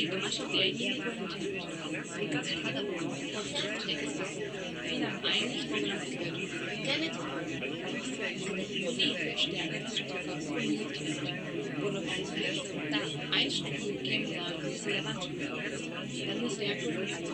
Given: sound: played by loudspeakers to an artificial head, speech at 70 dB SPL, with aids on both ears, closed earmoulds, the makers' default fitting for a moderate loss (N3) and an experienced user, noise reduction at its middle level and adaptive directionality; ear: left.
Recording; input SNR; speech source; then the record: speech test signal (ISTS) in cocktail-party noise; -6 dB; on the right (90 degrees)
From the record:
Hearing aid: class 1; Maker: C